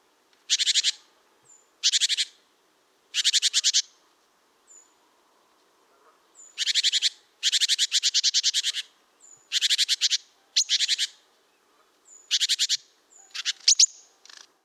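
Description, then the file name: Great tit giving many harsh, buzzy churring bursts in irregular bouts, with a few thin high whistled notes between them. "Parus major"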